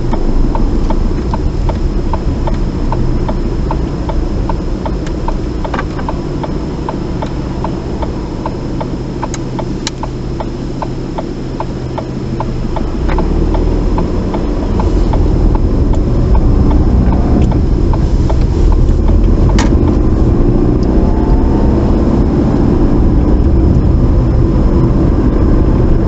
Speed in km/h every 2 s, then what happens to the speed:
6, 5, 2, 0, 0, 0, 5, 13, 18, 27, 35, 35, 42.
4-11 standing. 11-26 pulls away to 42.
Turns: 11-17.